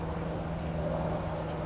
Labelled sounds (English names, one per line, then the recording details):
California Towhee
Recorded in Sonoma County, California